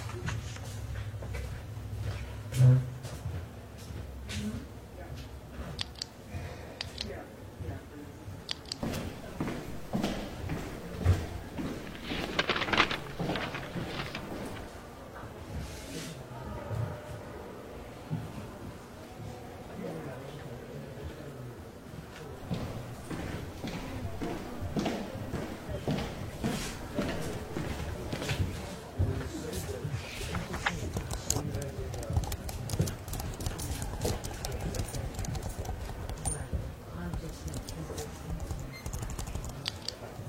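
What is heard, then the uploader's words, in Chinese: Library ambience filled with a steady stream of small taps and clicks, like typing and pen strokes, with a brief rustling swell of a page being turned around twelve seconds. A low murmur of voices and hum runs underneath throughout. 公共图书馆沉浸式学习 图书馆环境音 打字声 写字翻书。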